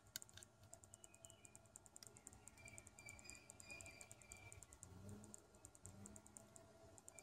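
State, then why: Not seated. A microSD memory card is pushed repeatedly into the card slot of a GeekPro 4.0 action camera, making a run of small, rapid ticks and scrapes over a faint, steady high hum. The card does not latch, and nothing has clicked into place yet.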